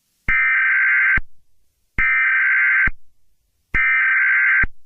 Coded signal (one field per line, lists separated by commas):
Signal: Emergency Alert System (SAME) tones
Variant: header bursts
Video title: eas scenario 19: new monthly of 2025